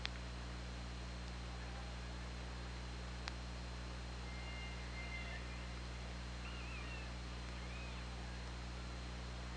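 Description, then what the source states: Orca calls: a few faint, wavering and looping tonal calls in the second half, over steady low underwater hum and hiss, with a sharp click or two. OrcaLab hydrophone, underwater, 24 August 2017 at 21:48.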